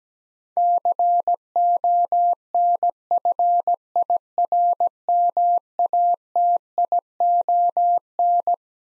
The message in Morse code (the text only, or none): CONFIRMATION